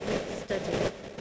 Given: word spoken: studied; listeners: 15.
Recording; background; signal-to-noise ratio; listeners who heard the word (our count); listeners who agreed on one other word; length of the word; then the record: one English word in noise, from a listening test; noise modulated by three-talker babble; -6.4 dB; 0 of 15; 14 of 15; 0.81 s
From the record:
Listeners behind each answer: 14, 1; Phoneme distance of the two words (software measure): 17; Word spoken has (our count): 2 syllables, 6 phonemes, stress on syllable 1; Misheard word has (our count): 2 syllables, 5 phonemes, stress on syllable 1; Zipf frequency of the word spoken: 3.97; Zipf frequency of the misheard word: 4.61